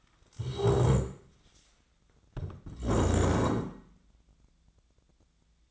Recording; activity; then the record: daily activity, microphone in the room; stand up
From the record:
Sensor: 3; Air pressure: 1012.2 hPa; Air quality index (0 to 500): 174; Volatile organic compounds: 3 ppm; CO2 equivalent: 1331 ppm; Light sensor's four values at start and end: 112/239/119/131 and 57/148/65/68